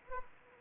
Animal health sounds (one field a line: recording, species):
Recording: mosquito wingbeat signal from an infrared sensor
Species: Anopheles arabiensis